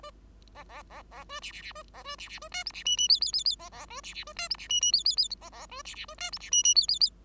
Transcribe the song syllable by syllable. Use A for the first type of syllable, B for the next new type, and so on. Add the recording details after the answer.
A A A A B C C C B A B C C B D E C F F G G G G A A B C C B D E C F F G G G A A B C C B D E C F F G G G. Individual Bird5